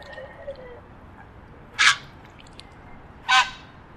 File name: greyheron